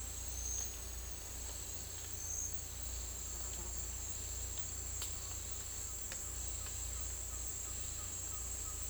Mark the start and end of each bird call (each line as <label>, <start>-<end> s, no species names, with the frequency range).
bird call (0.8-1.6 kHz), 5.92-8.90 s